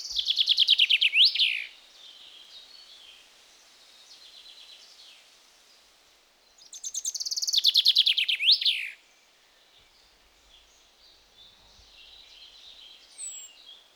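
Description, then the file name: Common chaffinch sings twice, several seconds apart, each a fast descending run of notes ending in a flourish. "Fringilla coelebs"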